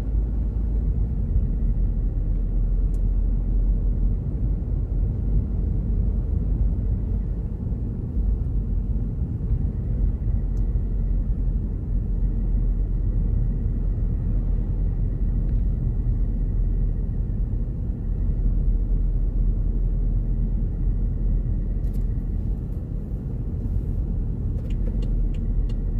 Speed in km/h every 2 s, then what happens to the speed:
30, 32, 33, 31, 28, 28, 29, 30, 29, 30, 30, 30, 31.
0-26 steady at about 30.